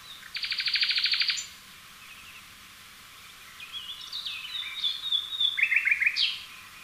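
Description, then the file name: Common nightingale singing a loud, rapid rattling trill of repeated notes, a pause, then varied whistled phrases ending in quick chattering notes. "Luscinia megarhynchos"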